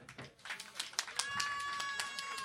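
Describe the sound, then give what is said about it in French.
Scattered audience applause in answer to a question about who has been ice fishing, a few sharp claps building into light, uneven clapping, with a thin steady whistle-like tone entering halfway and murmuring voices underneath. “Qui ici, par applaudissement, a déjà été à la pêche à la glace?”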